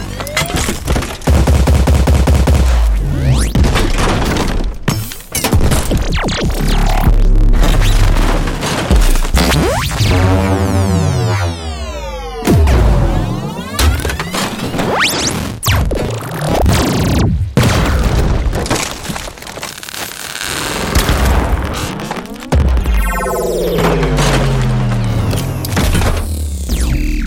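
Synthesized robot and transforming sounds: dense, constantly shifting mechanical clatter with sharp metallic impacts and crashes scattered throughout. Sweeping rising and falling tones warp through the middle and near the end, over a steady low rumble, loud the whole time.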